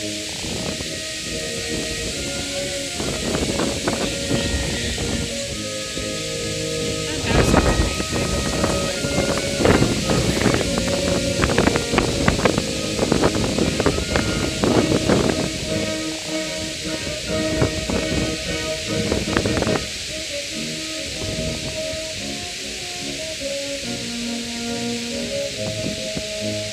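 A brass band plays over steady wind noise, its sustained notes sitting beneath a constant hiss. From about seven to twenty seconds the music grows louder and busier, with sharp percussive hits, then eases back to quieter held tones.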